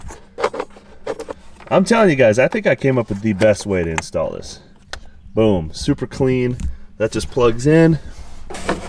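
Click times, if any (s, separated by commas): 8.7 s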